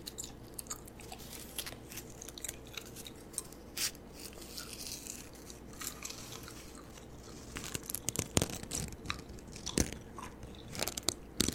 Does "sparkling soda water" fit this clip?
no